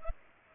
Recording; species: mosquito wingbeat signal from an infrared sensor; Culex pipiens